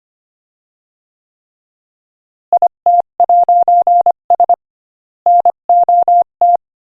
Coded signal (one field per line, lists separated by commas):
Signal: Morse code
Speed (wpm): 24 wpm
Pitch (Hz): 700 Hz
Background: none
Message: IT'S NOT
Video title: Morse Code Practice: 25 wpm Inspirational Quote 1